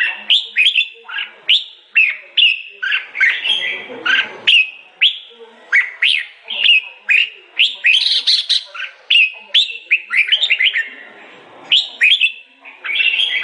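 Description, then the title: Sooty-headed bulbul delivering many repeated chirpy, warbling phrases, each a short upward or downward slur, sustained throughout. "Suara Burung Kutilang"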